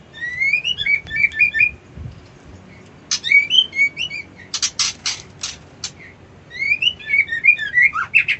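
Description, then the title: White-eye singing rapid high chirping phrases with rising slurred whistles, interrupted by several harsh, scratchy buzz notes in the middle. Song style called ngerol ngalas. "Suara Burung Pleci Ngerol Ngalas Mantap"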